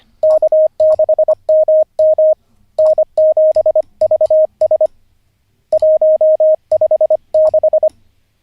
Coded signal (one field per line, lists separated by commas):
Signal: Morse code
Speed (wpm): 25 wpm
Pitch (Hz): 620 Hz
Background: none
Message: K6MM N7VS 156